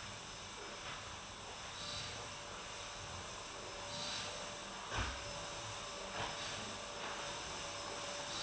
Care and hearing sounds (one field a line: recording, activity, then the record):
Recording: daily activity, microphone in the room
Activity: vacuum cleaning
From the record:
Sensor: 2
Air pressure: 1011.7 hPa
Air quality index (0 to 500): 220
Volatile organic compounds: 4 ppm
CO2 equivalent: 1549 ppm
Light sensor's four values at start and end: 8/20/8/8 and 8/20/8/8